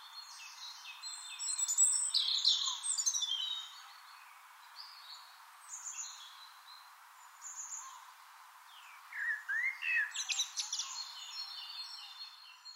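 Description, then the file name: Eurasian blackbird song phrases: bursts of mixed whistles and squeaky twittering high notes around 1.5 to 3.5 seconds, softer phrases near 6 and 8 seconds, another burst near 9 to 11. "Turdus merula"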